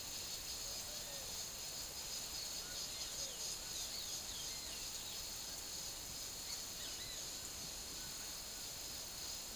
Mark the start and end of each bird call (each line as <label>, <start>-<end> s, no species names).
bird call, 2.95-5.40 s
bird call, 6.48-7.22 s